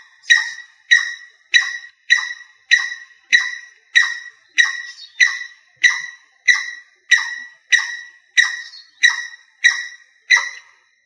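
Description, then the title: Rail giving a long, steady series of harsh, clipped notes at an even pace, seventeen calls with silence between them. "LuckyFamilia RallidaeFrangoSama"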